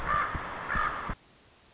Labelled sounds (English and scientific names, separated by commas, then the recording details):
Common Raven (Corvus corax)
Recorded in Sonoma County, California